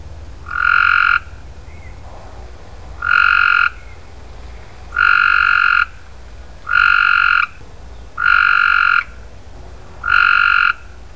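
Frog calling: six loud, short calls, each under a second, spaced a couple of seconds apart.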